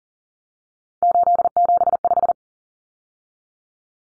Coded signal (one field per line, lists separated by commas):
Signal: Morse code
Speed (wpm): 40 wpm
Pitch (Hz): 700 Hz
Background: none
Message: 875